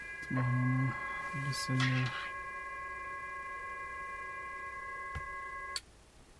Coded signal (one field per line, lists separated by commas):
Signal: PSK31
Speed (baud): 31.25 baud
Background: speech